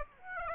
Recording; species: mosquito wingbeat signal from an infrared sensor; Aedes aegypti